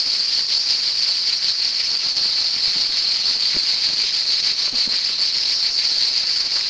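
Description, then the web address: Cicada song as a dense, constant high-pitched hiss-like buzz, barely varying in loudness, with a couple of faint ticks. "son cigales"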